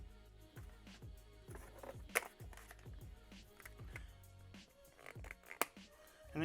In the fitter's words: And then you just hear the snaps with these cases.